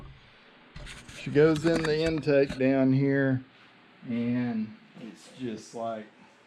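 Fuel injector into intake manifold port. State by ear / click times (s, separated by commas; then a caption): not seated / none. A fuel injector with its O-ring is handled by hand at its bore in an LS intake manifold for a C10 project while someone talks. Only the lead-in is heard, so nothing has seated or clicked yet, and there is a faint sudden sound at the very end, at 6.5 s.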